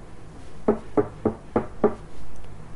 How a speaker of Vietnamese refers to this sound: Sắc mặt của Trầm Duyên Niên chìm trong bóng tối, đối với tiếng gõ cửa ngoài kia chán ghét vô cùng.